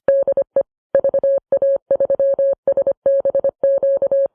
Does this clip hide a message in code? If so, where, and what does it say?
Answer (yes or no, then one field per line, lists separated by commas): yes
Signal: Morse code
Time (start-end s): 0.1-4.3 s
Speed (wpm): 25 wpm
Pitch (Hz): 550 Hz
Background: none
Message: DE VA3SBQ